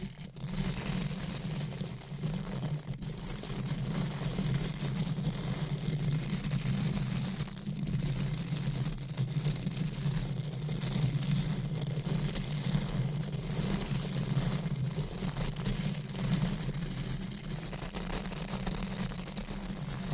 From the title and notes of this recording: ASMR Mic Scratching , Tapping & Brushing with Different Mic Covers , Brushes & Nails No Talking.